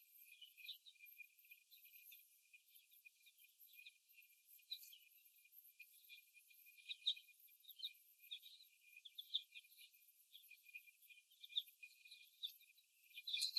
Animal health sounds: young laying hens in a cage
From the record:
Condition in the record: after the stressor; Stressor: simulated dog barking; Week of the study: 1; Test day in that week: 1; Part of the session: 2

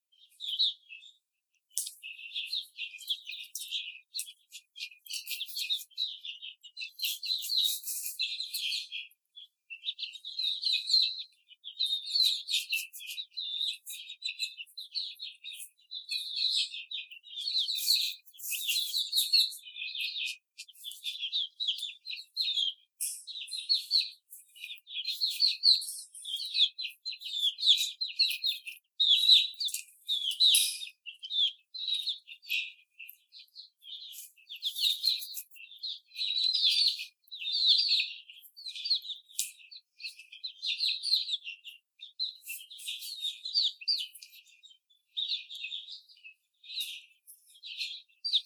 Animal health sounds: young laying hens in a cage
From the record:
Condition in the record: after the stressor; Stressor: simulated dog barking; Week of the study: 4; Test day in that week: 2

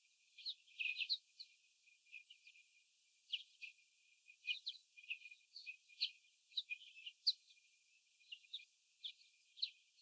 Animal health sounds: young laying hens in a cage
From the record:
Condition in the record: after the stressor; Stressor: sudden umbrella opening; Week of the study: 3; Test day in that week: 2

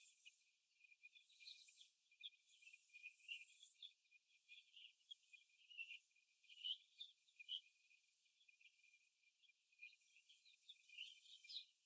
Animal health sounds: young laying hens in a cage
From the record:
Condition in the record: after the stressor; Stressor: simulated dog barking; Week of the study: 2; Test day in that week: 2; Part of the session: 3

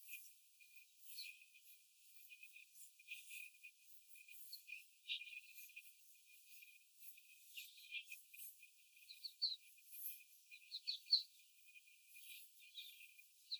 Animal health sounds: young laying hens in a cage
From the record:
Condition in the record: after the stressor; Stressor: simulated dog barking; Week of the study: 4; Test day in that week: 1

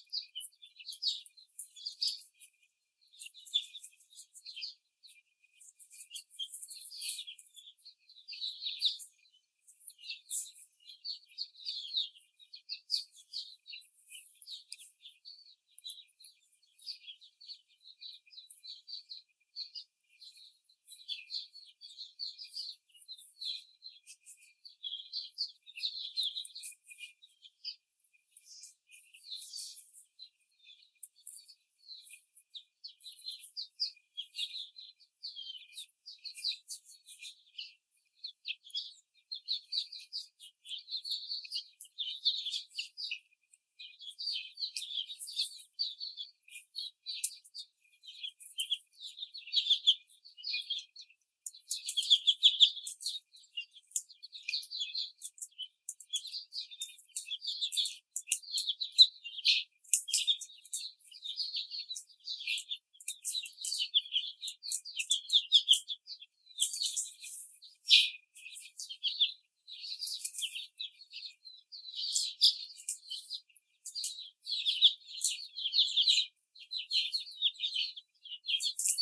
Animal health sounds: young laying hens in a cage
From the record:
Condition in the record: before the stressor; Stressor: simulated dog barking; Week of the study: 4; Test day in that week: 3

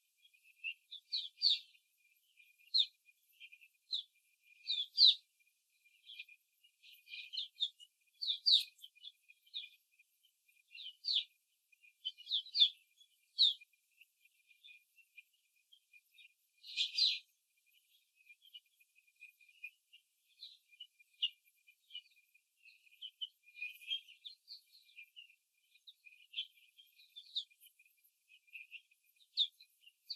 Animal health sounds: young laying hens in a cage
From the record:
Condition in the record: before the stressor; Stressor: simulated dog barking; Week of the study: 3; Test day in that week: 2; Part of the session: 4

